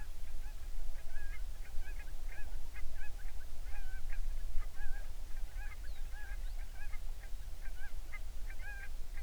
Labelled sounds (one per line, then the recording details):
songbird
waterfowl
seabird
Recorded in the Prudhoe Bay oil fields, Alaska, on 11 June 2019 at 04:40
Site 21